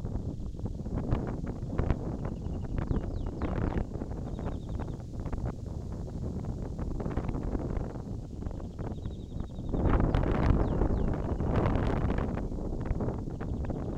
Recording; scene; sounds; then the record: everyday scene through a hearing-aid microphone; wind on the microphone; wind, birds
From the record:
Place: in front of a rural house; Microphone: in the ear canal, left